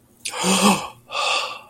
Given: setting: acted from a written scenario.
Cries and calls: vocal sound without words; awe

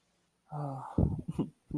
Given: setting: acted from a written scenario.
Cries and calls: vocal sound without words; sadness

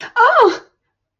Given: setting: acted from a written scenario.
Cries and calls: vocal sound without words; positive surprise

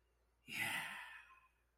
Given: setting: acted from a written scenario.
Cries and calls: vocal sound without words; pride

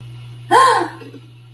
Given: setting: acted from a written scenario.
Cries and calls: vocal sound without words; negative surprise

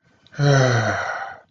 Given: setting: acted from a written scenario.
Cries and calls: vocal sound without words; serenity

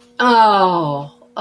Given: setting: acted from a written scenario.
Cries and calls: vocal sound without words; realization

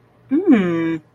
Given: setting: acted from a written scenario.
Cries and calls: vocal sound without words; interest

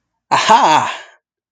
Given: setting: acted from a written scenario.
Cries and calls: vocal sound without words; triumph

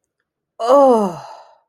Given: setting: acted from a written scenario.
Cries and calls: vocal sound without words; disgust

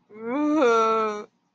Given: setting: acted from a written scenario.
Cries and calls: vocal sound without words; shame

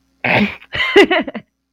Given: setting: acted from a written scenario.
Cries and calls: vocal sound without words; amusement

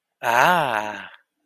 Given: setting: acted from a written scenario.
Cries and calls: vocal sound without words; serenity

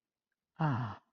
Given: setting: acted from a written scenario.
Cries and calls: vocal sound without words; serenity

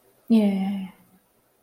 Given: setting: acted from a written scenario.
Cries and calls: vocal sound without words; ecstasy

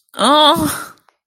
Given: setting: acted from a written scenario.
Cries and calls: vocal sound without words; pain

